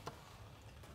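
A key turns in a lock cylinder that has just been reassembled with its pins and spring refitted. A sharp click is heard at 0.1 s, followed by a softer click near 0.8 s over a low hum. The spring-loaded detent clicks crisply and solidly, so the cylinder is seated and working.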